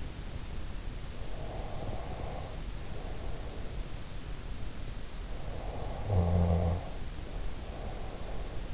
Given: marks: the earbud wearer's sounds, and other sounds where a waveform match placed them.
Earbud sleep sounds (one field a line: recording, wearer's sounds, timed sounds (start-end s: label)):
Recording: sounds in sleep by an in-ear microphone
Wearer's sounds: breath, snoring breath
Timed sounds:
1.35-3.85 s: breath
5.43-8.74 s: snoring breath